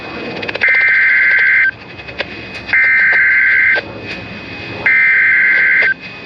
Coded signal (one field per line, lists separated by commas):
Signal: Emergency Alert System (SAME) tones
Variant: header bursts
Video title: Special Marine Warning (EAS #387)